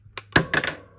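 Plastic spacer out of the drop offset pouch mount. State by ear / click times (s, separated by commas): released / 0.4 s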